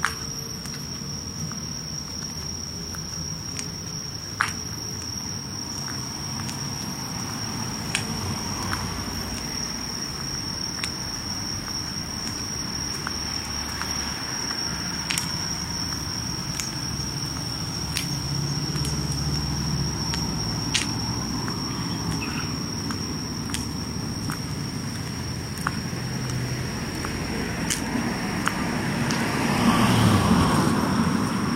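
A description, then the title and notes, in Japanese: On a summer night walk, a steady high insect trill rings without pause over a low rumbling hum like passing traffic. Sharp ticks and clicks pop up every few seconds, and the sound swells somewhat louder and busier in the last few seconds. とある夏の夜歩き。今回は夜近所を歩いてみました。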